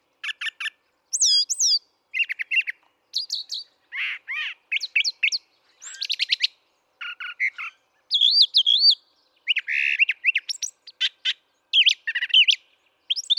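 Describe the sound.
Brown thrasher song of clear, varied phrases, rising and falling whistles, trills and chips, commonly repeated in pairs, with crisp silences between them.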